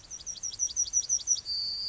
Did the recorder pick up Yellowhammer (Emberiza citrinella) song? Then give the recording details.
yes. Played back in grassland. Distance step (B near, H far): D. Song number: 153